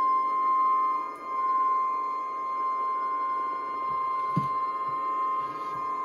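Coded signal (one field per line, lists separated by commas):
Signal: Emergency Alert System (SAME) tones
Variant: 1050 Hz attention tone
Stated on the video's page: Tornado warning for the county, received on an iPhone.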